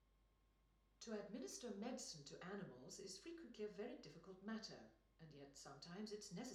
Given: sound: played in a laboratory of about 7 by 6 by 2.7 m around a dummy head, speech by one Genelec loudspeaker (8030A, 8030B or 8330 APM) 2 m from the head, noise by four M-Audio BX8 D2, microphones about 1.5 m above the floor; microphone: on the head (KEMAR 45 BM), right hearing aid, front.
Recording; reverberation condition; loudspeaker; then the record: female speech in English; medium; 120 degrees to the right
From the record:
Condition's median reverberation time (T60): about 510 ms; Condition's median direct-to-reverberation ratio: about -0.5 dB